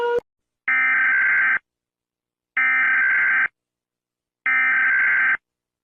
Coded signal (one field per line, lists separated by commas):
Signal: Emergency Alert System (SAME) tones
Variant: header bursts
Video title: EAS Alarms in different countries (Unfinished)